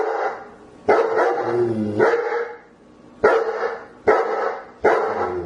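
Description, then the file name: German Shepherd: repeated barking by a German Shepherd, about six hoarse barks, some with a low grumbling tail, coming every second or so. "Tieng cho Becgie"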